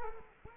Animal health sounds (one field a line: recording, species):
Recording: mosquito wingbeat signal from an infrared sensor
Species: Culex quinquefasciatus